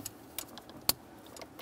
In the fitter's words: a nice click there give it a tug now we're going to re-secure this let's